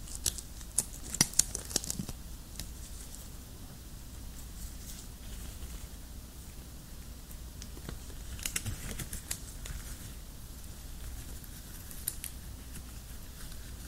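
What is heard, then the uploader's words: Latex gloves rub and squeak against each other in short bursts, with sharp crinkly snaps clustered near the start, around eight to nine seconds, and again near twelve seconds. Between them a soft, steady hiss and a low hum continue. ASMR LATEX GLOVES, ASMR GLOVES RUBBING, ASMR NO TALKING, JUST GLOVES SOUNDS.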